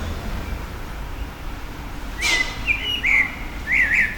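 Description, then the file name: Common blackbird song: a fluty, warbled phrase arrives after two seconds of quiet, then a short twittering ending over steady low background rumble. Recorded at a petrol station in April 2021. "2021 APR-Amsel-Tankstelle"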